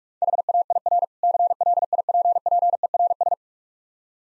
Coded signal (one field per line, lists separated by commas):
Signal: Morse code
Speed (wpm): 45 wpm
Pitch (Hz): 700 Hz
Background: none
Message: HAIR CLIPPERS